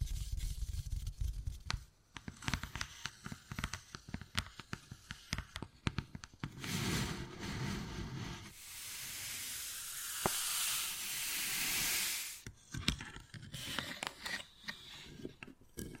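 Wood carving with sharp taps and short scraping strokes, irregular and fairly dense through the first half. Around eight to twelve seconds a long, steady hissing scrape takes over, bright and rough, before quick tapping and clicks return near the end.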